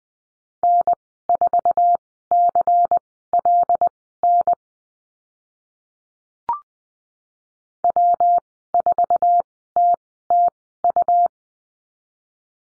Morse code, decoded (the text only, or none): N4CLN W4TTU